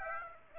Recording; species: mosquito wingbeat signal from an infrared sensor; Aedes aegypti